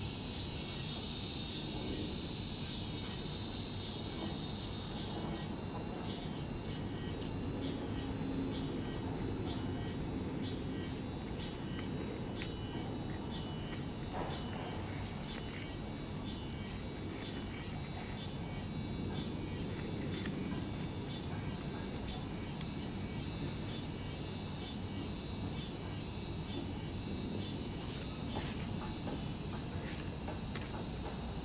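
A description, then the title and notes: Cicadas sing in a steady, shrill pulse, about two bright bursts each second, repeating evenly for the whole half minute. Underneath runs a constant low rumble and hiss, like city noise, with a faint knock near the middle. Guanghou Cicadas by Essa Lucienne.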